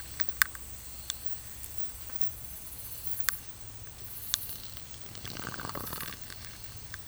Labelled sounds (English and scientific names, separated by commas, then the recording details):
none
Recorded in dense forest near Puerto Asís, Putumayo, Colombia, on 19 March 2025 at 10:30
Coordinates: 0.484, -76.317
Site G064